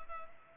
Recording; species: mosquito wingbeat signal from an infrared sensor; Culex pipiens